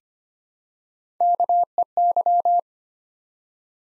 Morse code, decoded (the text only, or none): KEY